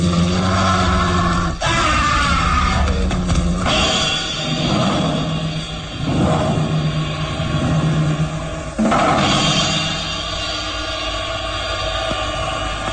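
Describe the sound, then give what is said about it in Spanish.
A continuous, loud beastly snarling roar of an attacking human wolf (lobo humano), with guttural growls and grunts, rising in several harsh bursts over a dense rumbling background, with no speech. “Piensa que es Lucas Van Doren quien está ahí, pero descubre que la sombra agazapada es un animal. Ve brillar dos ojos rojizos, colmillos filosos en el hocico babeante, y retrocede ahogado de terror.”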